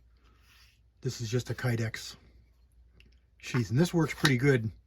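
A fixed-blade knife is handled at a homemade Kydex sheath while someone talks, with two faint sharp ticks at 3.0 and 3.1 s between the spoken phrases. The knife has not snapped into the sheath's retention yet; nothing has seated or clicked.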